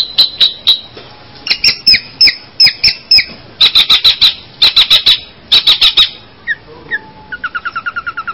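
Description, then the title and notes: Bird calling with high clipped chirps in pairs and small clusters, ending in a fast, evenly spaced series of shorter notes. "Bird Sound. Kicau Burung Lengkap"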